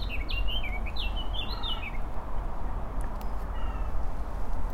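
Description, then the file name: Eurasian blackcap song: a quick warbled phrase of sliding notes lasting about two seconds, then faint notes afterward, over steady low rumbling background noise. "Sylvia atricapilla"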